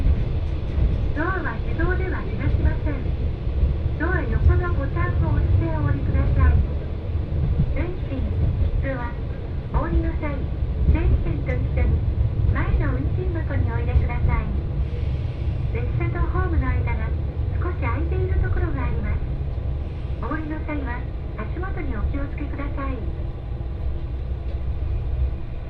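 A train ride on the Etsumi-Hoku Line, with a steady low rumble of the moving carriage running throughout. A voice speaks almost continuously over it in short phrases, likely an announcement, with brief pauses around 7 and 15 seconds.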